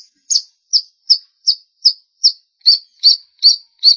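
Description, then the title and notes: Long-tailed shrike song: a steady series of short, high, slightly buzzy notes, about two and a half per second. "Suara burung pentet"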